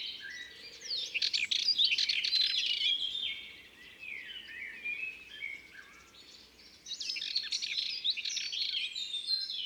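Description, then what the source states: Sardinian warbler song, two bursts of fast chattering and squeaky notes separated by a quieter stretch. Recorded in Ardèche, France.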